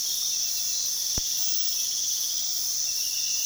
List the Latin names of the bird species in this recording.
none